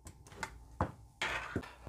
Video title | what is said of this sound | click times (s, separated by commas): Come usare il seghetto alternativo e scelta delle lame | cisco tutto fino a sentire un click e vada a serrare nuovamente il perno | 0.8 s